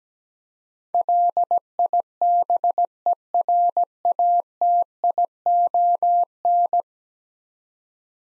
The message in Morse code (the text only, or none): LIBERATION